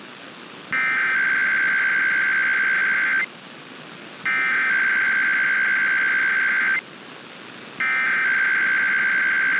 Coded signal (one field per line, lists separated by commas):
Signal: Emergency Alert System (SAME) tones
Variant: header bursts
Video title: Usual Monday Time Zone IPAWS Weeklies (EAS #16770-16777) 3/11/24